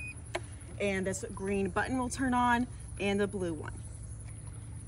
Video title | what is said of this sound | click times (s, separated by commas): Robotic Pool Skimmer by Maytronics! | You'll hear a little click | 0.3 s